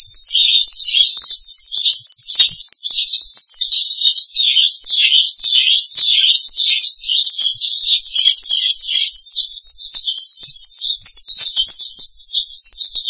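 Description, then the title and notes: Starling giving a nonstop run of bright, twisting high notes, swooping phrases at first, then a flatter, steadier chatter. "suara burung jalak"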